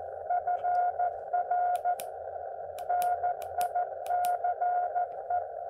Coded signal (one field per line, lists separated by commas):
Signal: Morse code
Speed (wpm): 14 wpm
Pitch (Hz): 710 Hz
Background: none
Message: FR NICE